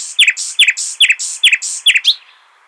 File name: Luscinia megarhynchos